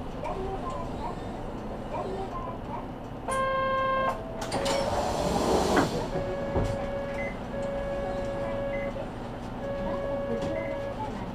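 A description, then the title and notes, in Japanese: Aboard a Saihi bus heading into Sasebo as passengers board, a steady low engine rumble runs throughout. Near the third second a bright electronic chime sounds, followed by a rushing hiss and clatter, then long sustained beeps repeat while voices murmur. 西肥バス 弓張岳展望台→佐世保駅。続々と佐世保市内に向かう人が乗ってきます。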